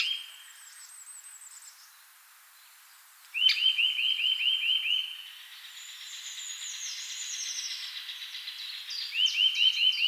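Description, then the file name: Eurasian nuthatch giving rapid runs of rising, piping notes in three bursts; another bird sings higher, thinner phrases in the background. "Sitta europaea"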